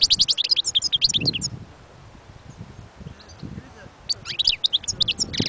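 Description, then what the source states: European goldfinch twittering in two short bursts of sweet, high notes separated by a quiet gap, the second ending in a buzzy note. Wild bird.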